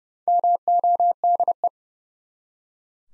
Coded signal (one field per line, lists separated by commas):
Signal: Morse code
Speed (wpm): 30 wpm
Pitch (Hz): 700 Hz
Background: none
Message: MODE